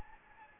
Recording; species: mosquito wingbeat signal from an infrared sensor; Anopheles gambiae